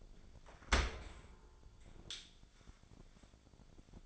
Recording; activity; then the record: daily activity, microphone in the room; open dishwasher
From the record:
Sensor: 5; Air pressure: 1006.9 hPa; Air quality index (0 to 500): 182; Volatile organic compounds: 5 ppm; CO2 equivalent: 1737 ppm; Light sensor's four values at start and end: 52/145/57/57 and 53/148/58/58